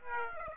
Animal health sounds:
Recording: mosquito wingbeat signal from an infrared sensor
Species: Aedes aegypti

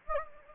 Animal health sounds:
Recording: mosquito wingbeat signal from an infrared sensor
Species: Anopheles gambiae

